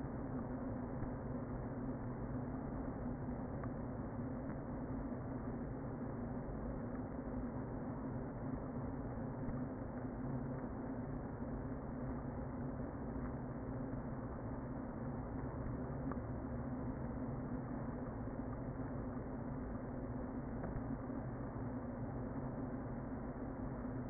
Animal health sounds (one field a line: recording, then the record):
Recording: honeybee colony, microphone inside the hive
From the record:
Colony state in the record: queen present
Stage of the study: before two queens were removed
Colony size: about 60,000 bees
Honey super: yes